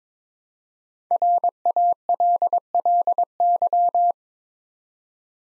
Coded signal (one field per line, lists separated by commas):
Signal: Morse code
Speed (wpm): 22 wpm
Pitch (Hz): 700 Hz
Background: none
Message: RALLY